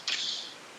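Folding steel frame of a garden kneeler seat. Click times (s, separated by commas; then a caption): 0.1 s. The powder-coated steel frame of an Ideaworks 2-in-1 XL Garden Folding Seat and Kneeler, padded with two layers of EVA foam and rated to hold 400 pounds, is unfolded until it locks open. A sharp metallic click at 0.1 s is followed by a bright ring that fades out by about 0.5 s. The frame has locked into place.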